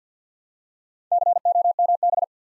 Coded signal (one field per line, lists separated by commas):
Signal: Morse code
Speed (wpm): 50 wpm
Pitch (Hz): 700 Hz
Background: none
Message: COMB